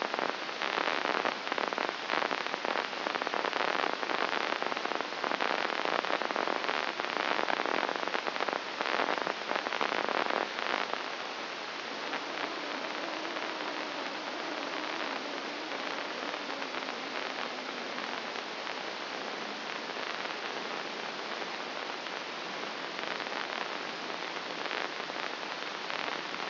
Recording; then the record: brain microelectrode recording played as sound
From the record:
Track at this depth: inside the subthalamic nucleus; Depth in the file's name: 3.102 mm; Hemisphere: left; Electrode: 2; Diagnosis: Parkinson's disease